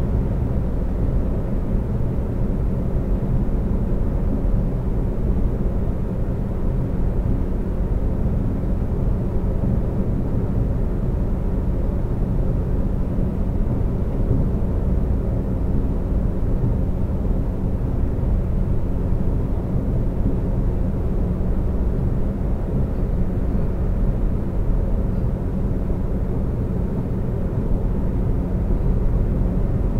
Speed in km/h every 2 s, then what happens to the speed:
127, 127, 127, 127, 127, 129, 129, 129, 129, 129, 129, 129, 129, 129, 129.
0-30 steady at about 129.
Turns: none.